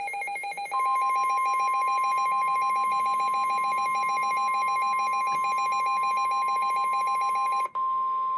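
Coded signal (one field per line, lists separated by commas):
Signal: Emergency Alert System (SAME) tones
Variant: 1050 Hz attention tone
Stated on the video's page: Pre-dawn real EAS alerts, including a 15-county polygon.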